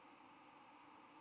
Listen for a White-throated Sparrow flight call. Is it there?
no